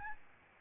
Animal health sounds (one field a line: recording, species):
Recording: mosquito wingbeat signal from an infrared sensor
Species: Aedes albopictus